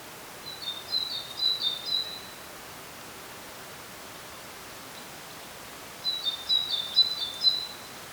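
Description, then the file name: Great tit calls: two bursts of thin, high twittering notes, each lasting over a second and separated by a quiet gap of about four seconds. "Parus major"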